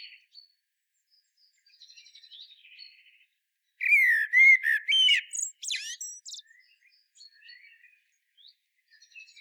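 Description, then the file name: Common blackbird singing one rich phrase of low, fluty whistles that slide and dip, then a scratchy high-pitched flourish, with soft chirps before and after. "Turdus merula"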